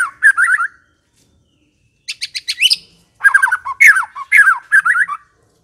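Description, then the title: White-rumped shama song in short bursts: quick slurred whistles, a rapid high buzzy trill, then loud descending whistled notes and chattering phrases separated by pauses. Song used as a lure to provoke a fighting, aggressive bird. "Pancingan Murai Batu Galak"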